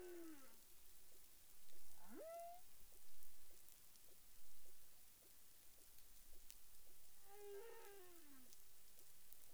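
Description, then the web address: Humpback whale calls: a falling tone at the start, then a sharp upswept whoop, and later a harmonic descending moan, over constant sea hiss. Caribbean, recorded 30 January 2021 at about 12:54 UTC. "CARIMAM clean data humpback whale"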